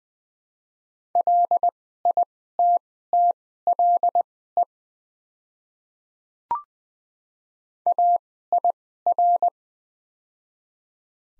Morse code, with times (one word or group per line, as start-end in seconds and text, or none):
1.2-4.6 LITTLE
7.9-9.5 AIR